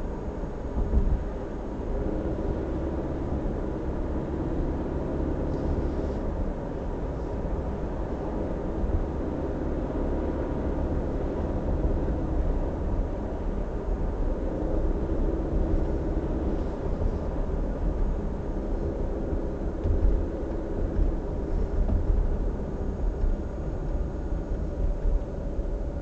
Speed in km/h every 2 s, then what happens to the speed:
57, 62, 65, 64, 66, 66, 60, 61, 56, 54, 51, 45, 41.
0-3 speeds up to 65. 3-10 steady at about 65. 10-26 slows to 41.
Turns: none.